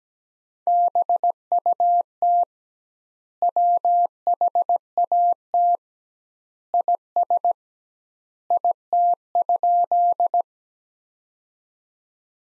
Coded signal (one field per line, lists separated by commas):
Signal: Morse code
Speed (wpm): 17 wpm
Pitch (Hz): 700 Hz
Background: none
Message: BUT WHAT IS IT?